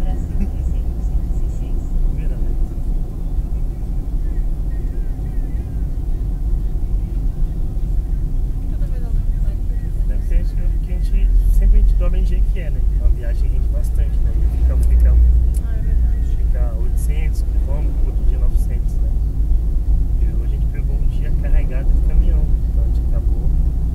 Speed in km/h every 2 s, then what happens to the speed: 60, 57, 52, 49, 44, 41, 41, 43, 45, 46, 47, 49.
0-10 slows to 41. 10-24 speeds up to 49.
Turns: none.